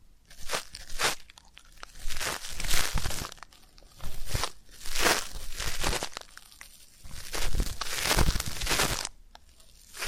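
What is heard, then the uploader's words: Irregular scratching and crinkling scrapes inside the ear come in bursts every second or two, with brief quiet gaps between strokes. ASMR Deep Ear Canal & Eardrum Cleaning (No Talking).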